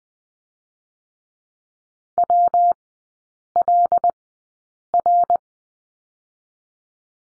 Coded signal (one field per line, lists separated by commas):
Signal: Morse code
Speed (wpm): 20 wpm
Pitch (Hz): 700 Hz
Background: none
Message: WLR